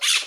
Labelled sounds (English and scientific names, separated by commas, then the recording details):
Brown-throated Parakeet (Eupsittula pertinax) contact call
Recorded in Margarita
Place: Rd. to Arenera, R. El Muco
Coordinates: 10.983, -64.362